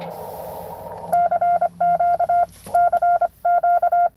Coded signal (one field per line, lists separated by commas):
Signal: Morse code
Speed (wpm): 28 wpm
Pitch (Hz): 700 Hz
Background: none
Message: CQ CQ